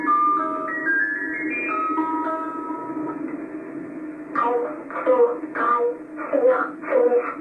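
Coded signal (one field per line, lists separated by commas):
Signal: numbers station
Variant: G02 Swedish Rhapsody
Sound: tinkling music-box melody, then a high, childlike voice speaking short, evenly spaced words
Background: radio static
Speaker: es g02 de swedis rapsody la Rapsodia sueca es una es una es una emisora de números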